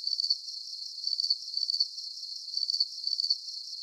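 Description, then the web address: Insect chirps, high and buzzy, in a brief run of uneven pulsed bursts over faint hiss. Night-time background of insect chirping. "Sound Effects-SFXBible Insect-Chirping-Bed-Background-Night"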